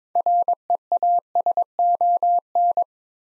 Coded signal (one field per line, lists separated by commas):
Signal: Morse code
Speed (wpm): 22 wpm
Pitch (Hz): 700 Hz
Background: none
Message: REASON